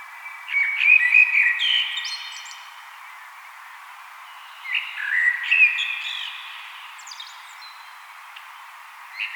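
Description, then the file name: Common blackbird song: two mellow, fluted warbling phrases, each ending in a thin, squeaky high twitter, with a pause of a few seconds between them. "Turdus merula"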